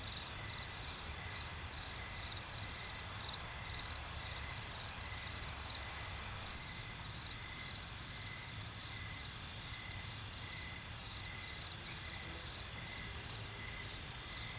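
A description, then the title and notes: A breezy autumn night with a steady, dense chorus of crickets and insects chirping brightly, over a low rumble of wind throughout. Breezy Autumn Night | Binaural Nighttime Fall Ambience.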